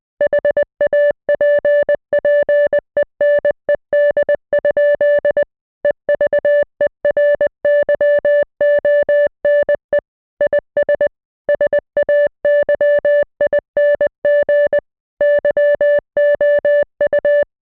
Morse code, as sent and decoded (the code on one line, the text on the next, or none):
.... .- .--. .--. . -. . -.. ..--.. / . ...- . .-. -.-- --- -. . / .. ... / ... .- -.-- .. -. --. / -.-- --- ..-
HAPPENED? EVERYONE IS SAYING YOU